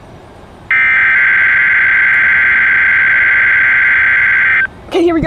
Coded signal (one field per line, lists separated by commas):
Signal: Emergency Alert System (SAME) tones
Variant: header bursts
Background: speech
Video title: [EAS #215] AKQ RWT